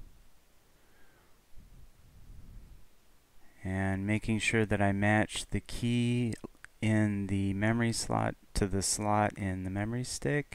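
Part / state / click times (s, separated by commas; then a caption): RAM module into motherboard memory slot / not seated / none. A new RAM module for a Dell Optiplex 990 SFF is handled after being taken out of its packaging and readied to be lined up with the slot key and pressed into the motherboard memory slot. Faint handling sounds fill the first few seconds, then someone talks from about 3.7 s to the end. Nothing has seated or clicked yet.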